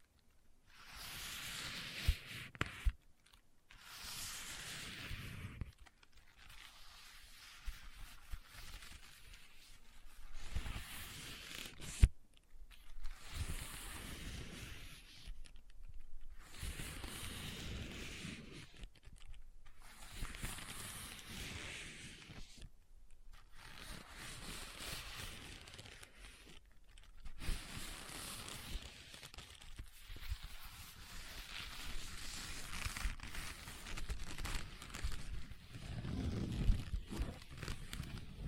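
Leather being scratched and rubbed in bursts of a few seconds each, separated by short silences near 3, 6, 12, 16, 23 and 27 seconds. The scraping is dry, crackly and bright, with occasional sharp taps and a low rumble underneath.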